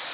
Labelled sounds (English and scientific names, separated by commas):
Black-throated Green Warbler (Setophaga virens) flight call